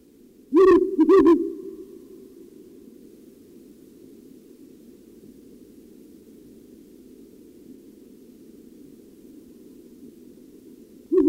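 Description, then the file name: Ural owl giving two short, deep hoots in quick succession near the start, harsh and distorted, over a steady low background hum, with another hoot cut off at the end. "Puszczyk Uralski"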